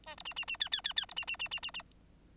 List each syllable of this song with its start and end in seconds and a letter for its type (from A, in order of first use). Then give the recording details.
0.06-0.15 A, 0.17-0.23 B, 0.25-0.34 C, 0.36-0.45 C, 0.47-0.57 C, 0.60-0.69 D, 0.72-0.81 D, 0.84-0.93 D, 0.96-1.05 D, 1.08-1.14 B, 1.16-1.25 C, 1.27-1.36 C, 1.39-1.48 C, 1.51-1.60 C, 1.62-1.71 C, 1.74-1.82 C. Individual Bird9